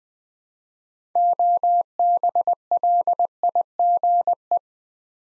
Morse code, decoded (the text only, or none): OBLIGE